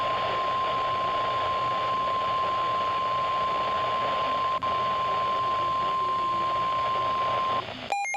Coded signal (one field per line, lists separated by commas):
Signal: Emergency Alert System (SAME) tones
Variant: 1050 Hz attention tone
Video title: Severe Thunderstorm Warning on WXL48 #5 | 5/27/21 | EAS 222